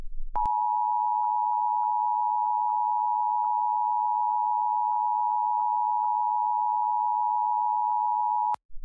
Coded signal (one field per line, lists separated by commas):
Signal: Emergency Alert System (SAME) tones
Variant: 853 and 960 Hz attention tone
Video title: EAS Scenario #2 Contaminated Soda to a Nuclear Disaster